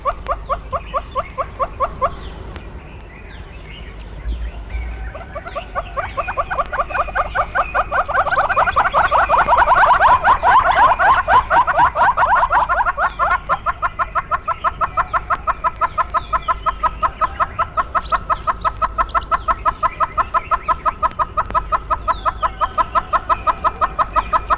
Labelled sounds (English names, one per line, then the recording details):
Northern Red-billed Hornbill call
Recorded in the wild
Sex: diverse
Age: diverse
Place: Krüger-Nationalpark, Krüger Nationalpark, ZA
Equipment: Halbspur, 9,5 cm/s
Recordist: Lütgens, Hans